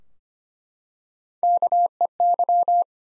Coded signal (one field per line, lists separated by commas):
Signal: Morse code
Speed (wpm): 25 wpm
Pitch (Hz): 700 Hz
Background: none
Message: KEY